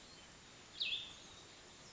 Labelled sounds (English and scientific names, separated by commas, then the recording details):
Cassin's Vireo (Vireo cassinii)
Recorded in Sonoma County, California